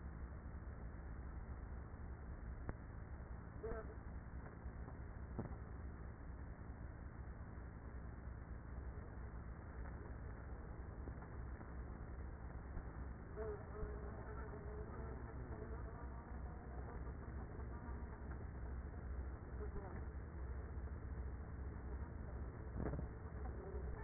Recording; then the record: honeybee colony, microphone inside the hive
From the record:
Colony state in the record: queenless with a low population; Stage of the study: after two queens were removed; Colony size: about 30,000 bees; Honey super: no